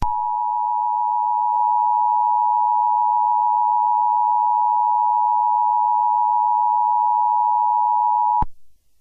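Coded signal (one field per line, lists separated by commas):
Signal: Emergency Alert System (SAME) tones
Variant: 853 and 960 Hz attention tone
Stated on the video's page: Fictional EAS scenario themed on a game, not a real alert.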